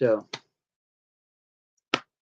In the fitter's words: and they still snap in place